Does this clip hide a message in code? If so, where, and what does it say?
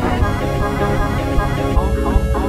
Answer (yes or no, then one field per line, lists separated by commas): no